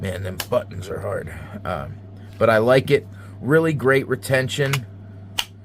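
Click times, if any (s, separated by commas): 5.4 s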